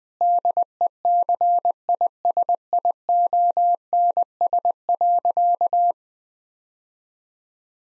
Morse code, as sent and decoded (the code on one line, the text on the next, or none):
-.. . -.-. .. ... .. --- -. ... .-.-.-
DECISIONS.